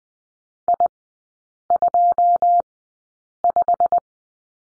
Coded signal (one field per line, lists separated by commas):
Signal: Morse code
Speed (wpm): 20 wpm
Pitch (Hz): 700 Hz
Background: none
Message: I25